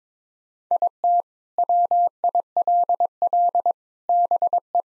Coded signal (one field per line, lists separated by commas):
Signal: Morse code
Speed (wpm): 22 wpm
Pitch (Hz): 700 Hz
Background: none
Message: IT WILL BE